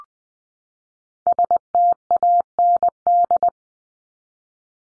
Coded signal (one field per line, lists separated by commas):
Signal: Morse code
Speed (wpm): 20 wpm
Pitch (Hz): 700 Hz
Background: none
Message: STAND